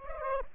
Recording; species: mosquito wingbeat signal from an infrared sensor; Aedes aegypti